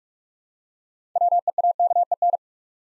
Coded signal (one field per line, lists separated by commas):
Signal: Morse code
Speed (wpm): 44 wpm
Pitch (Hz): 700 Hz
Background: none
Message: WEAKEN